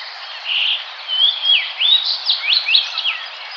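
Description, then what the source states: Fox sparrow giving a run of clear whistled notes, some sliding down and some rising, over about three seconds, with a steady hiss underneath. Recorded on 4 January 2007.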